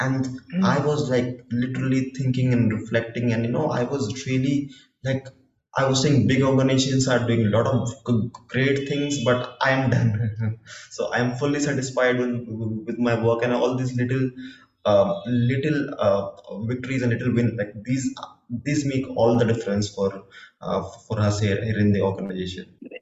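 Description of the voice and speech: Adult man speaking English in a conversational monologue, with stuttering: prolonged sounds and repetitions of words such as "little", "these" and "for", with brief pauses. He is a person who stammers and has stuttered since childhood.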